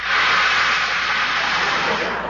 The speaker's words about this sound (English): Just then, it started to rain.